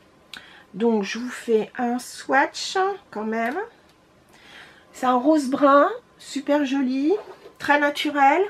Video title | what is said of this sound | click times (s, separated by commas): Des nouveautés makeup en action | comme c'est un rouge à lèvres il y a le petit clic donc | 0.3 s